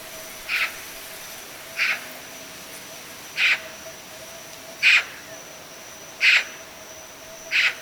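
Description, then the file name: Eurasian magpie giving single harsh, rasping calls, roughly one every second and a half, six in all, over a faint steady electronic whine. "Pica pica"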